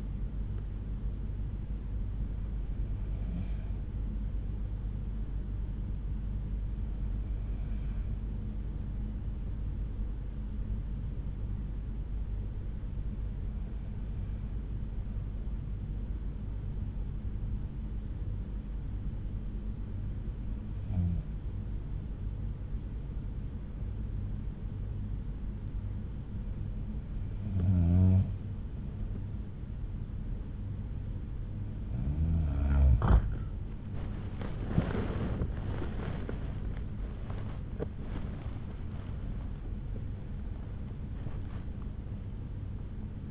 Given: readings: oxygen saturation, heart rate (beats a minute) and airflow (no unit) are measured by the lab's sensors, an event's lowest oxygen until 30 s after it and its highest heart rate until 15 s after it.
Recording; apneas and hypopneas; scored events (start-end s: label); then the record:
breathing in sleep by a smartphone at the bedside; 1
3.00-31.10 s: hypopnea (N1, oxygen 95% highest, then 91% lowest, heart rate 62 at the start, 81 highest)
16.00-43.31 s: new sleep stage, N2 (light sleep)
From the record:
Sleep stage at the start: N1 (lightest sleep); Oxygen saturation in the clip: 92 to 95%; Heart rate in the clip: 59 to 80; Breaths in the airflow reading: 8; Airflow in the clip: -9.1 to 10.1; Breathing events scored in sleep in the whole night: 368 in 8.0 hours asleep